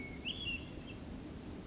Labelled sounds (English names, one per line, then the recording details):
Hermit Thrush
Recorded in Sonoma County, California